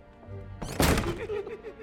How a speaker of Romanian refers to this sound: Acum trântește ușa tare.